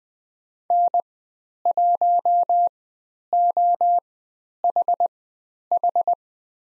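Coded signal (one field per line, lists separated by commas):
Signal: Morse code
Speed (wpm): 20 wpm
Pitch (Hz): 700 Hz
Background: none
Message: N1OHH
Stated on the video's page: Morse code course lesson on the letter U with call sign practice, Farnsworth speed 20/10 wpm.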